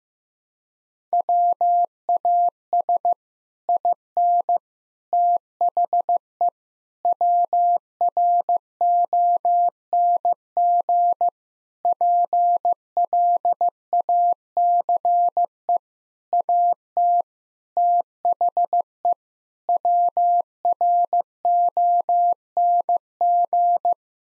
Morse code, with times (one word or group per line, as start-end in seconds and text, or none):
1.1-3.1 WAS
3.7-4.6 IN
5.1-6.5 THE
7.0-11.3 WRONG
11.8-15.8 PLACE
16.3-17.2 AT
17.8-19.1 THE
19.7-23.9 WRONG